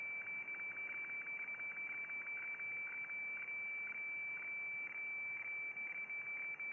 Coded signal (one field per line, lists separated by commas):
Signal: weather fax (radiofax)